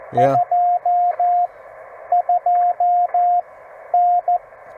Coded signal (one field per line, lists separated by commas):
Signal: Morse code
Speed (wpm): 14 wpm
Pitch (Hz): 710 Hz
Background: speech, radio noise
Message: 22N